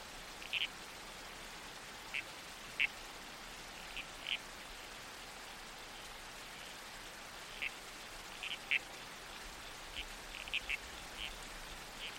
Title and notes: Soundscape - Red-Crowned Toadlet. the babbling creek. the whispered sway of trees in the wind. the murmurs of the bush. Nocturnal Worlds. Australian Museum